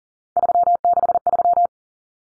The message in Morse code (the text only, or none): 363